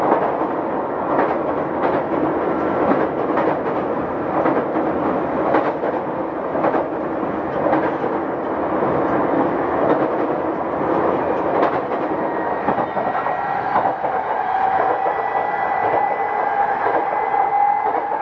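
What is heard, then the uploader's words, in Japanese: A subway train runs between stations, its interior filled with a dense, steady rumble and rushing roar. Faint rhythmic clicks from the wheels recur every second or so, and in the last few seconds a thin, high whine rises over the noise. 東京メトロ05系（ワイドドア車） 中野〜西船橋。快速運用を録音しました。今回はICレコーダー（Panasonic PR–XS460）を使いました。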